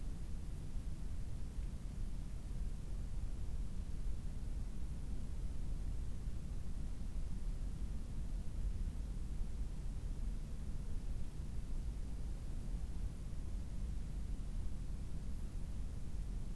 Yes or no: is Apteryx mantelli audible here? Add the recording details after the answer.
no. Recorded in New Zealand on 18 October 2015. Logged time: 23:14. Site BR12